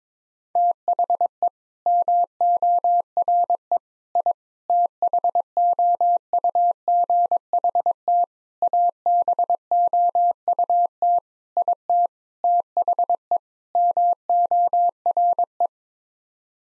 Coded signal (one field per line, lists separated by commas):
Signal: Morse code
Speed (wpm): 22 wpm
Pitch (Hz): 700 Hz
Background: none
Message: THE MORE I THOUGHT ABOUT IT THE MORE